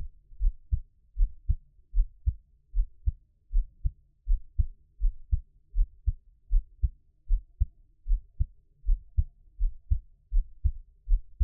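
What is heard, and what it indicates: Steady, soft low double thumps at about 79 a minute: an ordinary adult heartbeat heard up close, with no talking.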